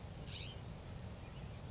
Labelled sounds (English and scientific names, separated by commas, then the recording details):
California Scrub-Jay (Aphelocoma californica)
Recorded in Sonoma County, California